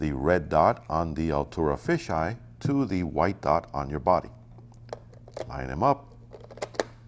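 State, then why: Seated. A fisheye lens, an 8 mm Altura model, is lined up red dot to white dot and turned into the bayonet mount of a Nikon DSLR body. Someone talks for the first four seconds, then quiet small ticks and scrapes of the lens turning follow. The mount lock clicks at 6.8 seconds and the lens is seated.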